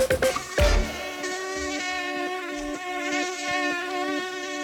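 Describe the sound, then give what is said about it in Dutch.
A steady, high-pitched mosquito whine drones on without a break, its thin harmonic buzz holding one pitch, after a brief low thump at the start. No one speaks. “Het is hartje winter, maar toch wordt al volop melding van gemaakt van muggen.”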